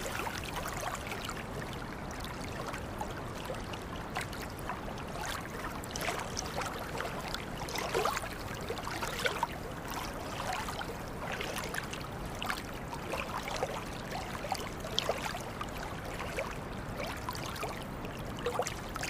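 Water splashes and trickles steadily throughout, a dense, busy wash of small drips and gurgles. Brief brighter splashes pop out every second or so, especially around the middle. A low, constant rumble sits underneath, like a boat or moving water.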